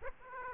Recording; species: mosquito wingbeat signal from an infrared sensor; Aedes aegypti